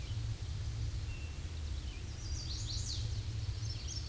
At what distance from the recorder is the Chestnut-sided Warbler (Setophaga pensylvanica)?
about 30 m